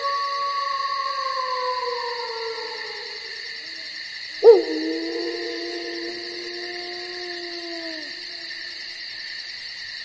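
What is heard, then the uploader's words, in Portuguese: Wolves howl over a steady night chorus of crickets and insects. A long, slowly falling howl fades out by about three seconds, then a second howl starts abruptly near four and a half seconds and glides down until eight seconds. A faint, rapid chirping joins high up afterward. Som de Noite na Floresta com Lobos. Ouça o coral noturno dos grilos e insetos juntamente com os uivos dos lobos que rondam a floresta.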